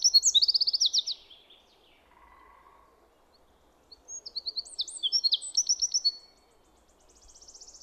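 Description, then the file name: Common chaffinch song: two bright phrases of rapid repeated notes descending from high to mid pitch, separated by a short low buzzy sound and a pause. "Fringilla coelebs"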